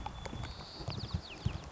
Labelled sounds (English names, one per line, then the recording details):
White-crowned Sparrow
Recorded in Sonoma County, California